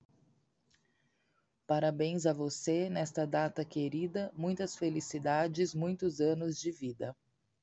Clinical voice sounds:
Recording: short text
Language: Brazilian Portuguese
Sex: female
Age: 40 to 49 years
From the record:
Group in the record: control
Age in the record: 45 years

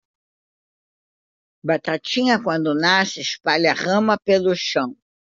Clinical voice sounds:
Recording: short text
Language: Brazilian Portuguese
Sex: female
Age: 60 to 69 years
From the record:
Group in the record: control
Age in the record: 65 years

